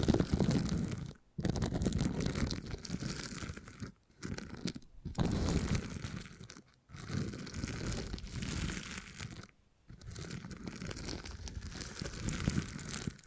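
Beeswax is squeezed and worked in bursts of dense crunching and crinkling, with a soft, fine crackle running through each stretch. Brief silent gaps break the handling about every two to three seconds, and then the crackly pressing picks straight back up.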